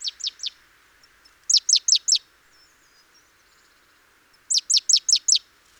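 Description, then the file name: Great tit calls: three falling notes, then two crisp bursts of four and five high, descending notes a few seconds apart, over faint hiss. "Parus major"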